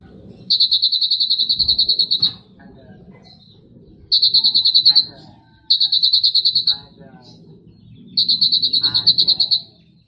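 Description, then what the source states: Sunbird song: four bouts of a high, rapidly pulsed trill, each lasting about a second or more, separated by short gaps over faint low noise. Recording used to lure sunbirds.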